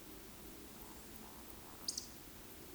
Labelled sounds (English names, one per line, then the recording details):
Eurasian Woodcock whistle
Eurasian Woodcock croak
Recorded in Baden-Württemberg, Germany, on 13 June 2021 at 20:27 UTC
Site 23718, 552 m above sea level